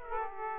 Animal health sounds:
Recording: mosquito wingbeat signal from an infrared sensor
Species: Aedes aegypti

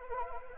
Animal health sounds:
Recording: mosquito wingbeat signal from an infrared sensor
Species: Anopheles arabiensis

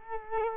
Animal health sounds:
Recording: mosquito wingbeat signal from an infrared sensor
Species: Culex quinquefasciatus

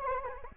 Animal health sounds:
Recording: mosquito wingbeat signal from an infrared sensor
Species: Anopheles arabiensis

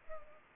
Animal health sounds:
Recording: mosquito wingbeat signal from an infrared sensor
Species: Culex pipiens

